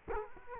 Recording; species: mosquito wingbeat signal from an infrared sensor; Culex quinquefasciatus